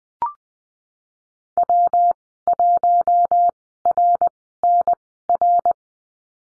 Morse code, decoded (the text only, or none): W1RNR